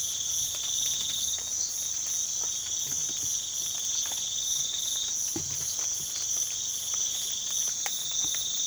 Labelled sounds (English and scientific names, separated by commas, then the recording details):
none
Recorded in pastures near Puerto Asís, Putumayo, Colombia, on 8 March 2025 at 05:00
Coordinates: 0.487, -76.322
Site G077